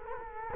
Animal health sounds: mosquito wingbeat signal from an infrared sensor; Culex quinquefasciatus

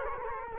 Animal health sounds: mosquito wingbeat signal from an infrared sensor; Culex quinquefasciatus

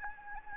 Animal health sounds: mosquito wingbeat signal from an infrared sensor; Anopheles gambiae

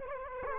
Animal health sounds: mosquito wingbeat signal from an infrared sensor; Culex quinquefasciatus

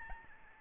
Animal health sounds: mosquito wingbeat signal from an infrared sensor; Aedes albopictus

